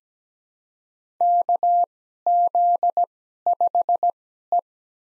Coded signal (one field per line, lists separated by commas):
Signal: Morse code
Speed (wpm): 17 wpm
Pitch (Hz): 700 Hz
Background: none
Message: KZ5E